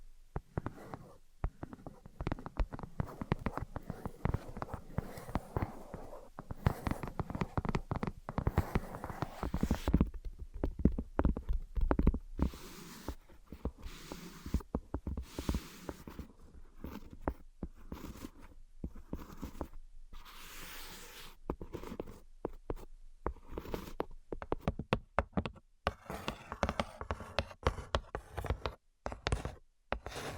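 Dense tapping and scratching runs through the whole stretch, with rapid irregular taps over a rough, rustling scrape. Louder bursts come around ten to thirteen seconds and again near the end, while a faint steady tone hums underneath in the middle section.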